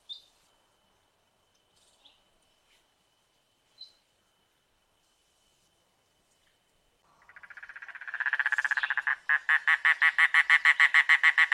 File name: canto do papa lagarta do mangue